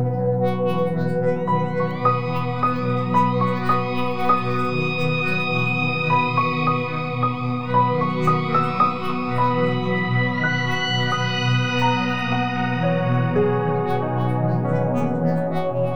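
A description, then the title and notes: Soft meditation music plays steadily at an even level, built on a warm, low sustained drone. Above it, a slow melody of bell-like tones glides upward in gentle sweeps every few seconds, with layered chiming notes lingering and overlapping. New Age Music.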